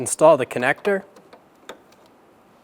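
Someone talks while handling the wiring connector of a textured towing side mirror for a 2007-2017 Ford Expedition, bringing it toward the mating wiring harness plug in the door. After the talking, a few faint, short ticks of handling come at about 1.3, 1.7 and 1.9 seconds, the one at 1.7 seconds being the sharpest. Nothing has seated or clicked into place yet.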